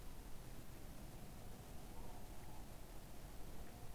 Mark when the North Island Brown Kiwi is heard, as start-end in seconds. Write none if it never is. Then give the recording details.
none. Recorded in New Zealand on 14 December 2015. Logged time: 00:43. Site CG68